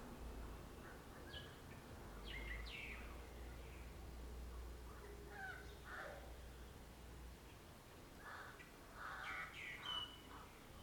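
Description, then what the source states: Birds calling: bursts of harsh, squawking notes and quick chirps in clusters, with a steady low hum beneath for much. Morning birds.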